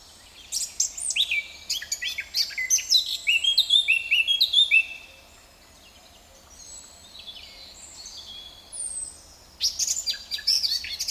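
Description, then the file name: Eurasian blackcap pouring out a fast, jumbled warble of high whistles and chips, falling to softer notes for several seconds before another energetic phrase begins. "Sylvia atricapilla"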